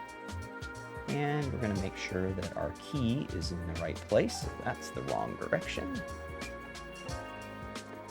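A memory stick is turned around after being found facing the wrong way and its key is lined up with a gray motherboard DIMM slot before being pushed in, while someone talks over background music. Nothing has seated or clicked yet.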